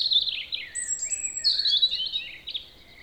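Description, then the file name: European robin song, one continuous sweet, high warble mixing sliding whistles and rapid tinkling trills over soft background hiss. "Erithacus rubecula"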